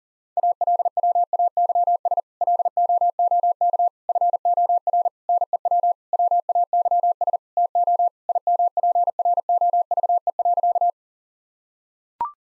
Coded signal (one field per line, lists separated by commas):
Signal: Morse code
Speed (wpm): 40 wpm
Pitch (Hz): 700 Hz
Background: none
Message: ALWAYS LOOK FOR NEW WAYS TO IMPROVE.